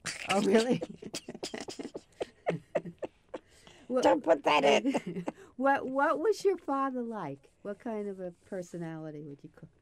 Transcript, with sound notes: Oh, really? [Laughs]
Don't put that in! [Laughs]
What was your father like? What kind of a personality would you